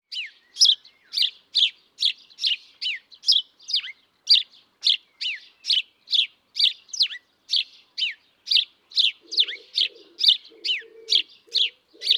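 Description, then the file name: House sparrow giving a steady, rapid series of bright, slightly descending chirps, about two a second, with faint low sounds entering near the end. "Passer domesticus"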